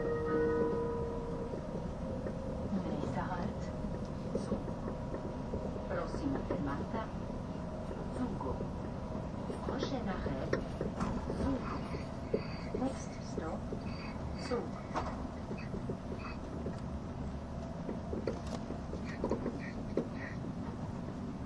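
A train runs along the Gotthard base tunnel route with a steady, dense low rumble and rattle. Frequent small clicks and creaks from the carriage come and go throughout, and a brief tonal hum sounds near the start. The loudness stays even for the whole stretch.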